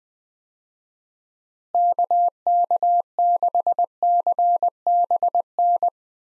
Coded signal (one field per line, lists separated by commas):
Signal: Morse code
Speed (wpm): 21 wpm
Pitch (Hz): 700 Hz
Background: none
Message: KK6CBN